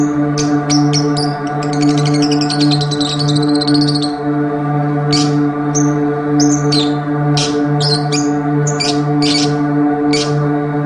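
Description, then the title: Oriental magpie-robin singing a long rapid warbling trill, followed by separate sharp chirps and whistles, all above a continuous low hum. "Kicau Kacer"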